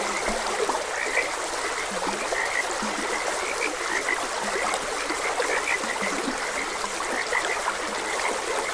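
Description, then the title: Many frogs croaking at once, short repeated notes with a few lower croaks beneath, over a continuous gush of water. Frogs croaking beside a gentle stream. "Gentle Stream and Frogs Croaking"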